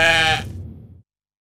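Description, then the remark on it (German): A lamb lets out one loud, quavering bleat, bright and high-pitched, which breaks off abruptly and leaves a low, rough rumble for another half second before silence. “Sollen die Lämmer im Schlamm ersticken?”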